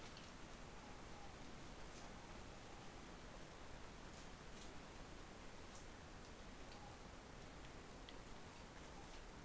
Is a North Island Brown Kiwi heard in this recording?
no